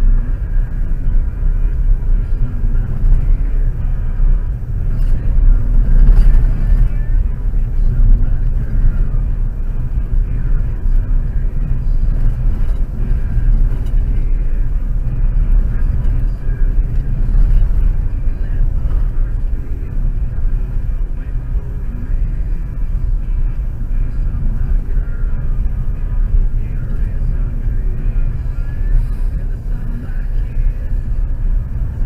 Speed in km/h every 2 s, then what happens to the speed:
27, 31, 32, 30, 30, 29, 29, 27, 29, 29, 26, 27, 30, 31, 34, 34.
0-21 steady at about 29. 21-32 speeds up to 34.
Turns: none.